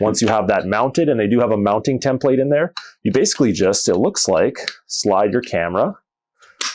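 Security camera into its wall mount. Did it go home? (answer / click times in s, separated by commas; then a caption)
yes / 6.6 s. A battery security camera is slid onto its screw-fixed wall mount while someone talks. At 6.6 s one sharp click is heard as the camera locks in place on the mount.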